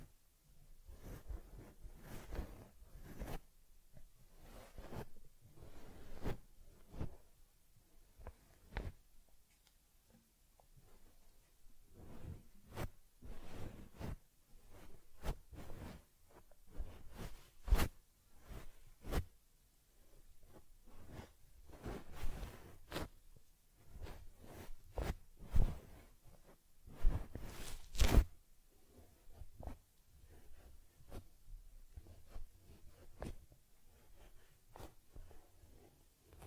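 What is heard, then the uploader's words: Quiet handling of a teddy bear: soft brushing and rubbing strokes repeat every second or so, with occasional sharper scratchy swipes and crisp taps. The sounds come in uneven bursts with short pauses. ASMR Taking Care of Teddy Head Massage, Facial Cleansing, Fur Combing and Ear Cleaning(No Talking).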